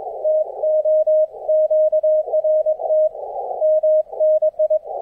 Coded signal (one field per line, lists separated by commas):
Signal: Morse code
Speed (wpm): 22 wpm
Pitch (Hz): 620 Hz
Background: radio noise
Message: TO QRT MNI